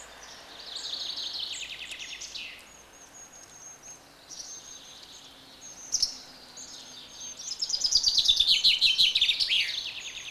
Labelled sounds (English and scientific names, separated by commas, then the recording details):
Common Chaffinch (Fringilla coelebs)
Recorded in the wild
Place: Martigny, Kanton Wallis, CH
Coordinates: 46.1239, 7.08528
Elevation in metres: 462
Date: 1986-03-20
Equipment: Uher 4000 Report, Sennheiser MKH 815 T
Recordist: Tretzel, Erwin